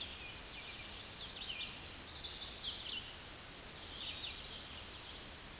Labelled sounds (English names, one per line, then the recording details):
Chestnut-sided Warbler song
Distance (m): 30 m
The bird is about 15 m above the microphone
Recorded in a Pennsylvania forest on 16 May 2024 at 07:32
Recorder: AudioMoth, point MSD-2181
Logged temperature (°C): 12.8 °C
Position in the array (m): 135 m, 125 m